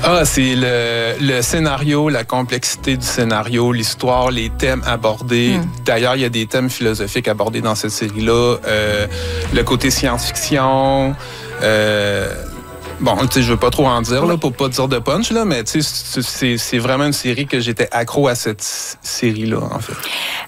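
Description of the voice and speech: A 47-year-old man who has stuttered all his life speaks French with drawn-out sounds, filled pauses and a repeated syllable, the mild disfluencies of stuttering.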